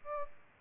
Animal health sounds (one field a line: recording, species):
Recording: mosquito wingbeat signal from an infrared sensor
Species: Aedes albopictus